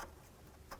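An electrical wiring connector is handled at a new throttle body on a 2007–14 Cadillac Escalade. Two brief broadband handling noises occur near the start and again around 0.7 seconds over a low steady hum, with no speech. Nothing has seated or clicked yet.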